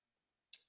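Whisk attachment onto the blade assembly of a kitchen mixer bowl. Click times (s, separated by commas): 0.5 s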